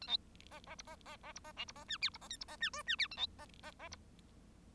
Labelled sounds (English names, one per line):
Bengalese Finch song